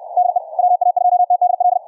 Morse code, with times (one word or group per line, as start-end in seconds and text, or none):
0.2-0.4 DE
0.6-1.8 WA2TDL